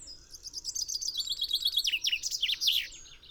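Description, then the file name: Common chaffinch singing a complete phrase: a run of repeated high notes descending step by step into a louder, emphatic ending flourish. "Fringilla coelebs"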